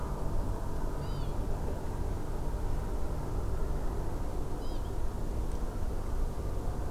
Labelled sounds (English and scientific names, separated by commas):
Northern Lapwing (Vanellus vanellus)